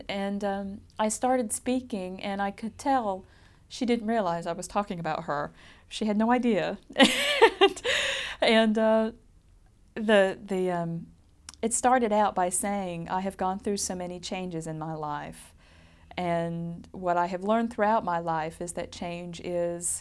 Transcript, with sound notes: And, and I started speaking and I could tell she didn't realize I was talking about her. She had no idea. (she laughs) And, the, the, it started out by saying, "I have gone through so many changes in my life and what I have learned throughout my life is that change is,